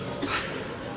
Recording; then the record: coughing mixed with background sound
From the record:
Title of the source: 64 coughing, allergies, singing lungs